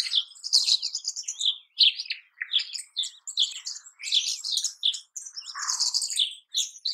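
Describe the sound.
Rosy starling chatter of grating squeaks, short whistles and rattling bursts in quick, uneven phrases separated by brief gaps, with one lower rasping note near the end.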